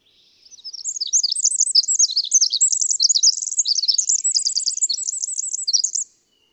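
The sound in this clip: Bird song, a sustained high-pitched twitter of quick chirps and buzzy trills for about five seconds, then quiet.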